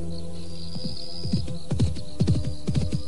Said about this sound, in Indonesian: Awas, Dinda! Oh, gila! Memacu kuda di jalan desa seperti ini secepat itu.